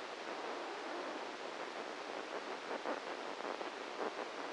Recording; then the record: brain microelectrode recording played as sound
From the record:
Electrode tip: inside the subthalamic nucleus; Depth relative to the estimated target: -2 mm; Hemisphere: right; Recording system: NeuroSet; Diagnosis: Parkinson's disease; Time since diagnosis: 7 years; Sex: male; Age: 44 years